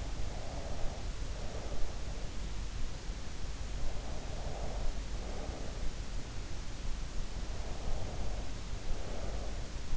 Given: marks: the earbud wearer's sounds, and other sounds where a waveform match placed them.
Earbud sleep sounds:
sounds in sleep by an in-ear microphone; breath
0.00-1.78 s: breath
3.66-5.93 s: breath
7.63-9.86 s: breath

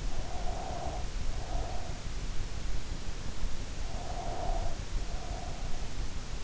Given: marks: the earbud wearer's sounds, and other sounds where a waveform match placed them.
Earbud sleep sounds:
sounds in sleep by an in-ear microphone; breath
0.15-2.04 s: breath
3.79-5.93 s: breath

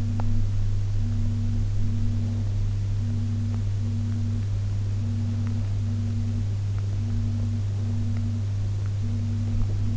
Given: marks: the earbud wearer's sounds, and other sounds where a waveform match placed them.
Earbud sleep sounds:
sounds in sleep by an in-ear microphone; teeth grinding
0.00-0.58 s: teeth grinding

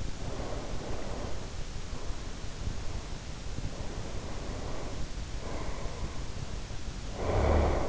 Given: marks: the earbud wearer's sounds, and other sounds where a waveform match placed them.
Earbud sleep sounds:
sounds in sleep by an in-ear microphone; breath, snoring breath
0.24-1.44 s: breath
2.03-5.02 s: breath
5.34-7.89 s: snoring breath

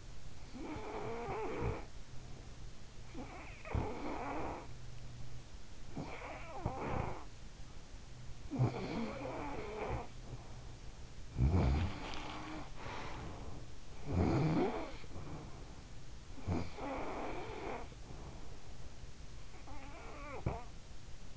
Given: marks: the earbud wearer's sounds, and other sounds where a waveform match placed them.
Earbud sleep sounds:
sounds in sleep by an in-ear microphone; snoring breath
0.00-18.80 s: snoring breath
19.32-21.37 s: snoring breath

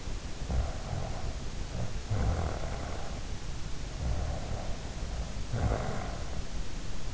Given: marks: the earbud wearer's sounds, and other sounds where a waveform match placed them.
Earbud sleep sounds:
sounds in sleep by an in-ear microphone; snoring breath
0.42-2.92 s: snoring breath
4.01-6.12 s: snoring breath

